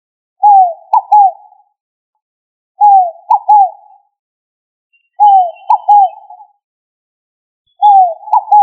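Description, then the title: Pigeon cooing: a low coo phrase with a short upward note and a short second coo, repeated about every two and a half seconds, four times. "Columbidae Pomba"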